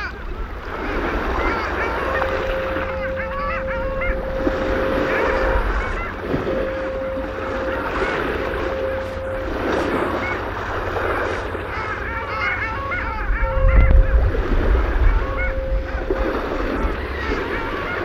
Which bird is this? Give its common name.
Long-tailed Duck